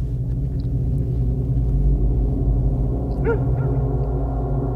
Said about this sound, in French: Quelques instants plus tard, un animal surgit sur le chemin. Monsieur Michel met pied à terre. Face à lui, un chien qui aboie.